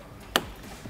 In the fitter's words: can hear that click in there real nice